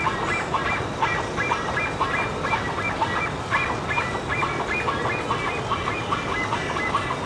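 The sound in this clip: Bird calls: honks in a loose rhythm, with steady low rumbling noise throughout.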